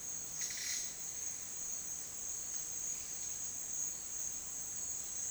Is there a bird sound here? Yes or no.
no